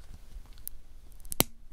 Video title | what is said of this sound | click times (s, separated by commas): Meze 66 Classics Headphones Unboxing & Sound Test! | So, it snaps in place. | 1.4 s